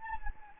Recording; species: mosquito wingbeat signal from an infrared sensor; Anopheles gambiae